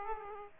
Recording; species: mosquito wingbeat signal from an infrared sensor; Aedes aegypti